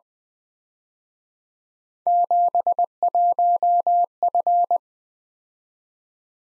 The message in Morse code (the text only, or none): 71F